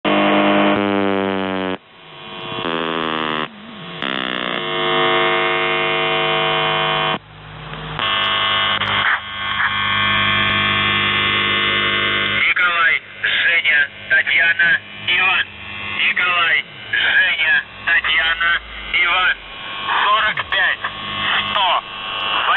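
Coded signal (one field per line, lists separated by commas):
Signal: channel marker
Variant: UVB-76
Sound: harsh low buzzing with strong harmonics, then a voice speaking over radio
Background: radio static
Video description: "The Buzzer" is a Russian military radiostation that broadcasts on 4625 kHz.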